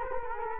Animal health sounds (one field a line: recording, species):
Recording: mosquito wingbeat signal from an infrared sensor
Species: Culex quinquefasciatus